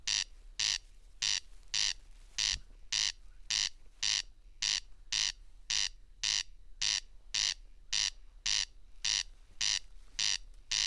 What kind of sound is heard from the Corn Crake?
song